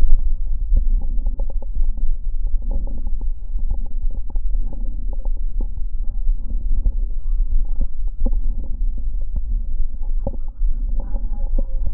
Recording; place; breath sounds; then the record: lung sounds by stethoscope; right posterior upper chest; normal breath sounds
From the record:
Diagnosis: none (healthy); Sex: female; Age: 81 years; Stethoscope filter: diaphragm mode, 100 to 500 Hz